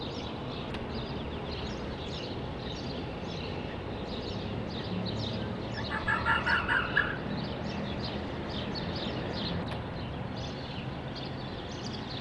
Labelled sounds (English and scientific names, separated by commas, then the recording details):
Corsac Fox (Vulpes corsac) barking
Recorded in captivity
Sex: male
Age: adult
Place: Zoologisches Institut der HUB, Berlin, DE
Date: 1966-04-05 12:45
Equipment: Uher 4000 Report Monitor, Sennheiser MD 421, Transistorverstärker 2
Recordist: Tembrock, Günter